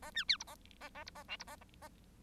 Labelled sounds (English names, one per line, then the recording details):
Bengalese Finch song
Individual Bird1